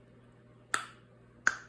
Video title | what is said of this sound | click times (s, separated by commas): Whiskeyjack Toys action figure Articulation and Compatibility - Legends of the Hidden Force | so let me pop this off okay you'll hear the pop in just a second | 0.7 s, 1.5 s